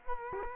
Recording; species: mosquito wingbeat signal from an infrared sensor; Culex quinquefasciatus